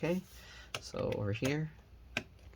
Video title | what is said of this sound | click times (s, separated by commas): 4th Gen Generation Lenovo ThinkPad X1 Carbon Disassembly SSD Hard Drive Upgrade Battery LCD Screen | hit the click and tighten it down all | 2.2 s